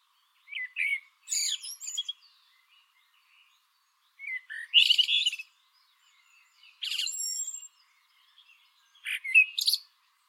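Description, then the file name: Common blackbird singing four separate phrases, each a short low warble breaking into a squeaky, harsh high twitter, with quiet pauses between. "Turdus merula"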